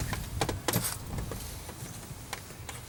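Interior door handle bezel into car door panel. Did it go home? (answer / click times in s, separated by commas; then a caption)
no / none. The plastic bezel of the interior front door handle on a 1993–1997 Nissan Altima is handled against the car's door panel, with soft handling rustle and two brief sharp knocks near 0.4 and 0.7 s. Nothing has seated or clicked yet.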